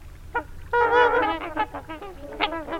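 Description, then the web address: Swan calls: nasal, trumpeting honks, one longer call followed by a quick series of shorter honks. "BIRD NOTE. Swans"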